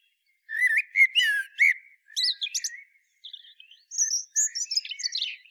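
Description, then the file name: Common blackbird song: low fluted warbled notes followed by higher squeaky twitters, several phrases in quick succession. "Turdus merula"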